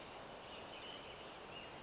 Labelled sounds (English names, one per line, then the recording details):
Chestnut-backed Chickadee
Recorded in Sonoma County, California